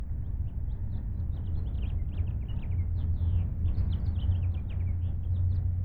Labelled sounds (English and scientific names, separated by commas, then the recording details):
House Finch (Haemorhous mexicanus) song
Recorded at Oak Beach on Long Island, New York, on 21 May 1975
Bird A